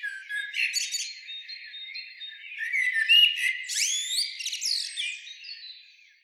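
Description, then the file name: Common blackbird giving scratchy squawks and thin twitters that build toward quick whistled downward slurs in the middle, then fade in chattering notes. "Turdus merula"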